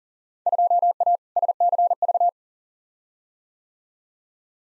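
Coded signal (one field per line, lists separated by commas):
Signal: Morse code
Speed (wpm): 40 wpm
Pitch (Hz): 700 Hz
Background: none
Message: 2A SCV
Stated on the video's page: Computer-generated Morse at 40wpm sending Field Day contest exchanges for head-copy practice, each sent, spoken, then sent again.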